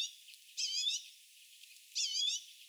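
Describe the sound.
Redpoll gives two short call notes about a second and a half apart, each lasting under half a second.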